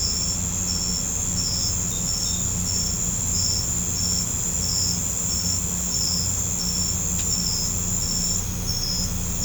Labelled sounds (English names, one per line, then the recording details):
none
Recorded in pastures near Puerto Asís, Putumayo, Colombia, on 18 December 2024 at 21:00
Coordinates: 0.505, -76.324
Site G063